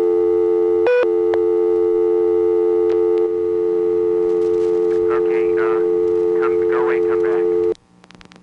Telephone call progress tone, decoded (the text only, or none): dial tone